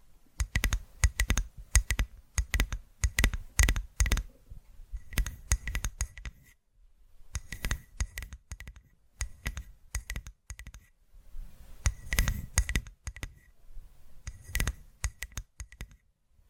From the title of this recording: Tapping Through Your Brain Invisible + 3D Triggers